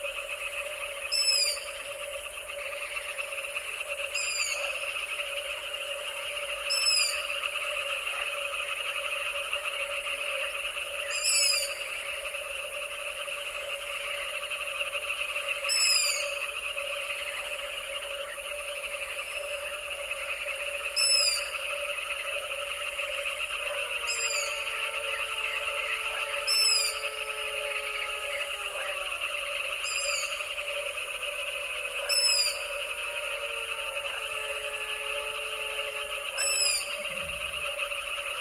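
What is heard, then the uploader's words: A dense, steady chorus of frogs and insects hums through the night, with a sharp high chirp repeating every few seconds. From about twenty-four seconds, jackals begin howling in long, wavering, falling wails over the chorus. Danube Delta - Summer Night - Jackals And Frogs. Midnight in the Danube Delta. The moon hasn't risen yet but the jackals start howling, adding to the eerie mix of frog and insect calls.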